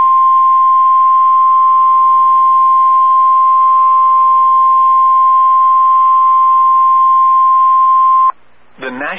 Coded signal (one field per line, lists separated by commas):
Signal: Emergency Alert System (SAME) tones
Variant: 1050 Hz attention tone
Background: speech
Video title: AL And TN SVR EAS #633